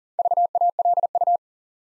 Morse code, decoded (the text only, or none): VALU